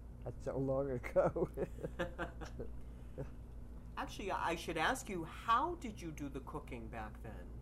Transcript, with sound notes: That's so long ago. [Laughs]
Actually I should ask you, how did you do the cooking back then?